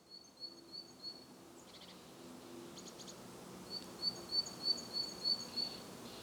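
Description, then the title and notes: Great tit song: a faint high series of repeated notes, a short pause with soft calls, then a clearer run of repeated notes, over a low steady hum. Recorded at Głodówka, Žilina Region, Slovakia, with a Zoom F3 and Usi Pro microphones. "Głodówka, Kraj żyliński, Słowacja - Great voice of a great tit. Recordist: Maciej Wirmański"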